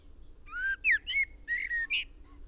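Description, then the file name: Common blackbird calling with a quick string of fluty, slurred notes, some rising and some falling, delivered almost without pause. "Turdus merula"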